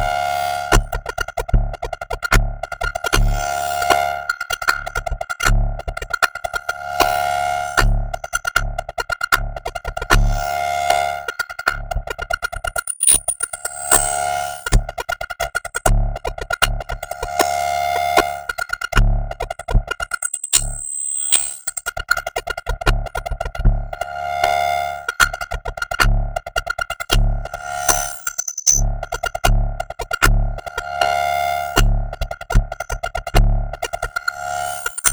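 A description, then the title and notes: Dense, rapid percussive hits run throughout over a steady ringing feedback tone, with occasional bright squeals and brief dropouts around twenty seconds. I figured out how to make percussive noises with feedback. The trick is to shut the level of each feedback channel way down whenever it makes a noise, and boost it way up whenever it doesn't. To make a rhythm, I added a delay so the boost waits for a specified time before starting another cycle.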